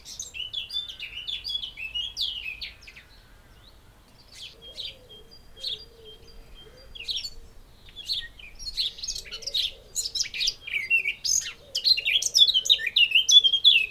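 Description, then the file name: Eurasian blackcap warble in bursts, a quiet gap, then louder rich fluty and chattering phrases, with a faint low steady note through the second half. "Sylvia atricapilla"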